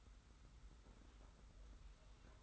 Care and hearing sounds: daily activity, microphone in the room; take from stove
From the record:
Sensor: 3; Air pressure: 991.0 hPa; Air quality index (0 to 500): 102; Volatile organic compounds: 35 ppm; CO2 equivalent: 3069 ppm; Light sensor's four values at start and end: 45/124/51/44 and 45/124/51/44

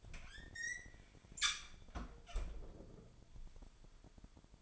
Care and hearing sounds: daily activity, microphone in the room; close fridge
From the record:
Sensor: 5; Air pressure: 1002.1 hPa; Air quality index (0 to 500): 225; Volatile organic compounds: 29 ppm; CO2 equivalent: 2932 ppm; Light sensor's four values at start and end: 10/23/10/11 and 9/21/9/10

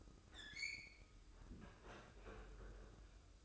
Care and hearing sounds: daily activity, microphone in the room; open fridge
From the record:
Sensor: 2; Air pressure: 995.1 hPa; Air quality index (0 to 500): 65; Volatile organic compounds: 2 ppm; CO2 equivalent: 1109 ppm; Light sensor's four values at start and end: 17/56/22/21 and 17/56/22/21

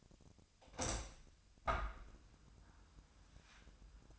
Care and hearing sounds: daily activity, microphone in the room; open window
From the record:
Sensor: 2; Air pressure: 1004.4 hPa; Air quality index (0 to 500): 113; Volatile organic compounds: 3 ppm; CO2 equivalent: 1372 ppm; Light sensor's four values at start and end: 6/14/5/6 and 6/14/6/6

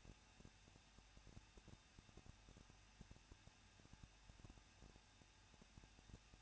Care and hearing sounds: daily activity, microphone in the room; no activity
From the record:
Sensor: 2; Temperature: 21.0 degrees Celsius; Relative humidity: 37.4%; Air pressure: 1006.2 hPa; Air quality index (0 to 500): 221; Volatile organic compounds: 24 ppm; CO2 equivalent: 2800 ppm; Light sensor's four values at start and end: 2/3/2/2 and 2/3/2/2

